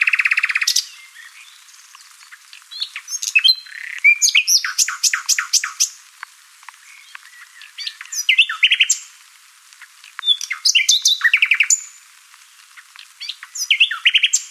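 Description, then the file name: Common nightingale pouring out dense, energetic song: a loud opening trill, then several bursts of rapid, varied clicks and chirps separated by brief pauses. "Luscinia megarhynchos"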